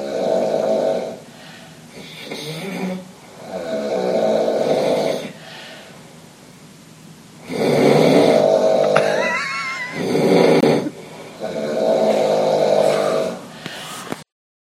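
Adults sleeping at night in a loft, snoring in loud, fairly regular snores roughly every two to three seconds.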